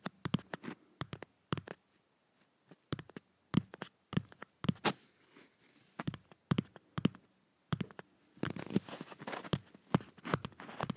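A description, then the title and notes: A paper cup is drummed in irregular bursts of dry taps, with a brief pause, then denser crinkly rustling and taps near the end. ASMR Drumming a Paper Cup.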